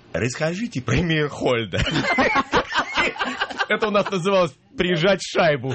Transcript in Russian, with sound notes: «Расскажите про Мейерхольда». (все смеются) Это у нас называлось «прижать шайбу».